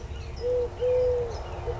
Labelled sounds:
Eurasian Collared Dove (Streptopelia decaocto)
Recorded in Sonoma County, California

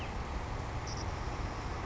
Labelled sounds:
Savannah Sparrow (Passerculus sandwichensis)
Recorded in Sonoma County, California

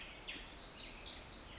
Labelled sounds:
Pacific Wren (Troglodytes pacificus)
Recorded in Sonoma County, California

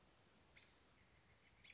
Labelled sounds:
American Robin (Turdus migratorius)
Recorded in Sonoma County, California

